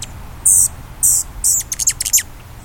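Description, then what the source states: Rufous hummingbird calls: three short, very high buzzy notes about half a second apart, then a quick run of thin, squeaky chips. Male, perched.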